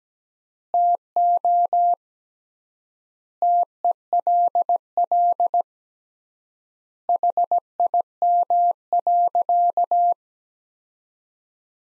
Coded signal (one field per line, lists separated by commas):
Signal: Morse code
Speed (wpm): 17 wpm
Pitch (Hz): 700 Hz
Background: none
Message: TO TELL HIM.